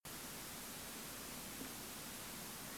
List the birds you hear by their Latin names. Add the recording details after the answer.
none. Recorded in France